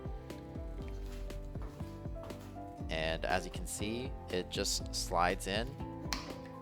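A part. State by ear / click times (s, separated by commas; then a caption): seated / 6.1 s. A 600-lumen Seigolite Metro bike headlight is slid onto its quick-release adapter on a handlebar mount while someone talks over background music. It snaps into place with a sharp click at 6.1 s, seating the headlight in the mount.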